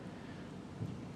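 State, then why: Not seated. A zoom lens, lined up red dot to red dot with the lens mount adapter, is being handled as it is pushed in and turned clockwise. Only a steady low rumbling noise is heard, with a slight swell around 0.8 s. The lens has not clicked or seated in the adapter yet.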